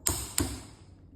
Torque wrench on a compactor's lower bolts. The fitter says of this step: On appuie deux fois pour avoir deux clics.